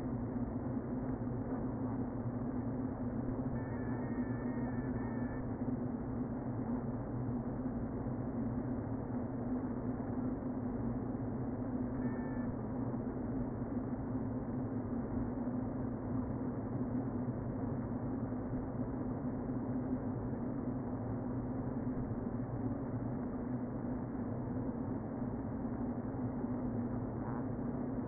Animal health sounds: honeybee colony, microphone inside the hive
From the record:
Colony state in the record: queen present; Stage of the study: before two queens were removed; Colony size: about 60,000 bees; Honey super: yes

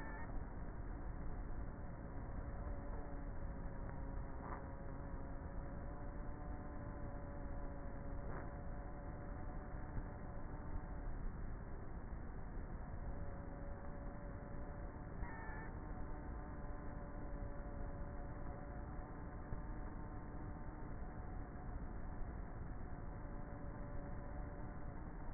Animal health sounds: honeybee colony, microphone inside the hive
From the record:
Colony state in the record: queenless with a low population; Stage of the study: before two queens were removed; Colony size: about 30,000 bees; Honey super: no

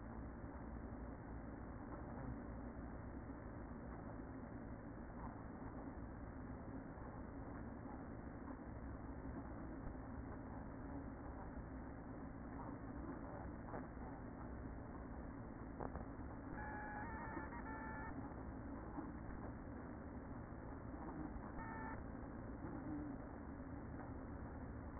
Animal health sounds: honeybee colony, microphone inside the hive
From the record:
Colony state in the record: queen present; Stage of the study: after two queens were removed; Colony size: about 60,000 bees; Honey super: yes

